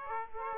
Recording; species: mosquito wingbeat signal from an infrared sensor; Aedes aegypti